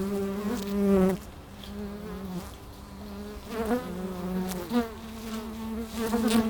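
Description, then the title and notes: Honey bees buzzing at the hive, one bee droning loudly at the start, then a steadier hum with several passing bees. Bees recorded with microphones placed at the hive entrance in the bee pavilion of Meise Botanical Garden, Belgium. "Plantentuin, Meise, Belgique - Abeilles - Bees. Meise, Jardin botanique. Pavillon des abeilles, micros placés à l'entrée de la ruche"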